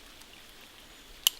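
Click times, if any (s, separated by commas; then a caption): 1.3 s. A plastic bolt shroud is pushed down and turned clockwise onto the bolt of a Tikka T3 .270 rifle. After near-silence, a single sharp, bright click sounds at 1.3 s as the shroud seats into its detent.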